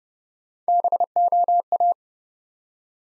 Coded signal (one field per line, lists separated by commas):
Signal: Morse code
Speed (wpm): 30 wpm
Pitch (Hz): 700 Hz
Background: none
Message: BOA